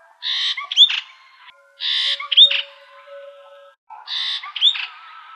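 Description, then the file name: Brahminy starling repeating a scratchy, buzzy phrase with a bright rising whistled note, three times at roughly two-second intervals. "jalak brahmini"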